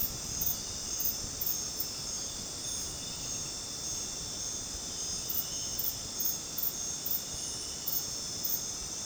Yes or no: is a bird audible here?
no